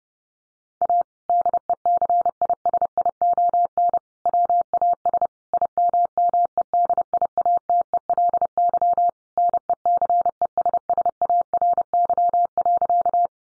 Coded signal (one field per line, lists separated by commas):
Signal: Morse code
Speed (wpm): 30 wpm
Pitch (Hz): 700 Hz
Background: none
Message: A DECISION WAS IMMEDIATELY NECESSARY.